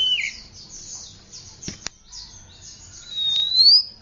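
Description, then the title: Oriental magpie-robin song: a descending whistle, high scratchy notes, then a long clear rising whistle, with a couple of sharp clicks midway. "Kacer"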